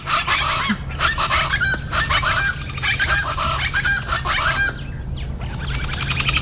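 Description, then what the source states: Plain Chachalaca calls: harsh, cackling phrases for about five seconds, then softer chatter, with a constant low hum beneath. A brown chicken-like bird of South Texas and Mexico, calling often before sunrise, in big groups.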